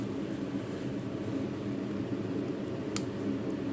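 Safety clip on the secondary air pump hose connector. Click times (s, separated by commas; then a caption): 3.0 s. On a Mercedes E350 212, the small plastic safety clip on the secondary air pump hose connector is pushed down to release it while the hose is removed. A single short, sharp click at 3.0 s stands out over a steady low hum. The click shows the clip has gone from locked to unlocked.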